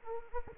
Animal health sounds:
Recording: mosquito wingbeat signal from an infrared sensor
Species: Anopheles arabiensis

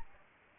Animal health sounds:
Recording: mosquito wingbeat signal from an infrared sensor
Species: Aedes albopictus

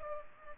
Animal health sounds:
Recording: mosquito wingbeat signal from an infrared sensor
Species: Culex pipiens

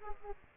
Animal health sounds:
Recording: mosquito wingbeat signal from an infrared sensor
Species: Aedes aegypti

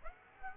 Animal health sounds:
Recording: mosquito wingbeat signal from an infrared sensor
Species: Aedes aegypti

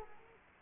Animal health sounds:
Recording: mosquito wingbeat signal from an infrared sensor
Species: Culex quinquefasciatus

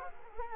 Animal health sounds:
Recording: mosquito wingbeat signal from an infrared sensor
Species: Culex quinquefasciatus

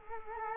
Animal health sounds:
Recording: mosquito wingbeat signal from an infrared sensor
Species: Culex quinquefasciatus

